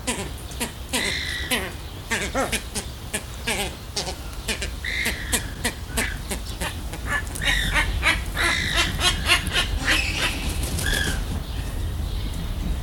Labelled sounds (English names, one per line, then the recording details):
American White Ibis
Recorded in captivity
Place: Zoo Berlin, Berlin, DE
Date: 1995-07-22 19:18
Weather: heiter, 20-22°C
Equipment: Sony WM-D6C, Sennheiser ME 80, Kopie Uher 4000 Report Monitor
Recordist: Tembrock, Günter
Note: Lautfolgen bei Begegnung